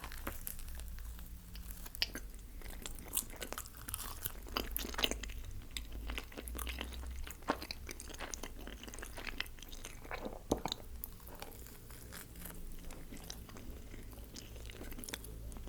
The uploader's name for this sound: Pepperoni Pizza MUKBANG (TINGLY EATING SOUNDS)